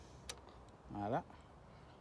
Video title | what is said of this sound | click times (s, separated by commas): Opération chirurgicale de la megane partie 6 | je fais pas de bruit j'espère vous entendez le clic | 0.3 s